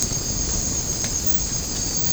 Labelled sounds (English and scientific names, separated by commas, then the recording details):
none
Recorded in secondary vegetation near Puerto Asís, Putumayo, Colombia, on 8 March 2025 at 03:30
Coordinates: 0.481, -76.318
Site G097